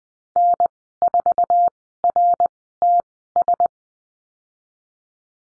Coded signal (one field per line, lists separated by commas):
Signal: Morse code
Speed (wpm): 20 wpm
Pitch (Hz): 700 Hz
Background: none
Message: N4RTS